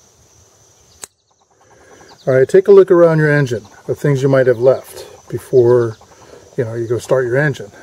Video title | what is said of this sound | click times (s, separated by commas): How to Replace a 2001 Jeep Wrangler Thermostat | slide it on you'll hear a click alright | 1.0 s